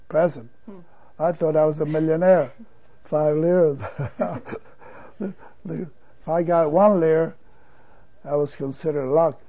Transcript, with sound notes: Present. I thought I was a millionaire. Five lira. ( he laughs ) If I got one lira, that was considered luck.